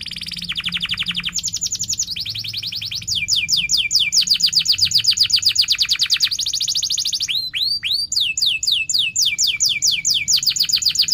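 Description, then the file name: Canary delivering a long song of fast rolling trills in changing pitches, with a stretch of slower looping notes partway through. Canary singing actively (gacor) with chirping cuit-cuit notes and sharp rolling trills (ngerol). "Suara Kenari Gacor Cuit Cuit Ngerol Tajam"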